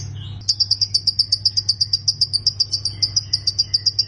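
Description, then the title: Prinia song: a long, even run of rapid high notes over a continuous low hum. "Ciblek Sawah"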